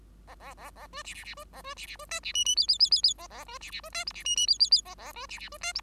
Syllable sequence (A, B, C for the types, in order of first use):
A A A A B C C C B A B C C B D C E E F F F F F A A B C C B D G C E E F F F A A B C C B D G